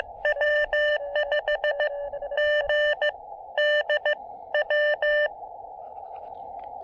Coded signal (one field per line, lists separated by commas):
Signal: Morse code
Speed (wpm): 15 wpm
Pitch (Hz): 1800 Hz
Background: none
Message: W5GDW